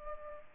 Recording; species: mosquito wingbeat signal from an infrared sensor; Culex pipiens